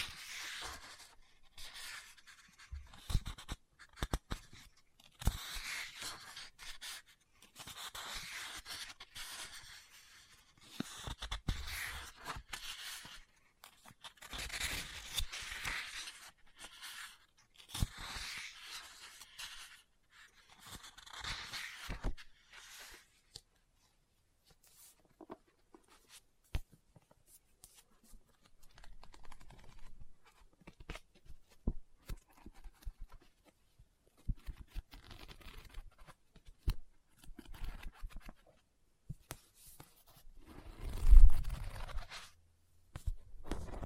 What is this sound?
Book Tapping, Scratching, Page Turning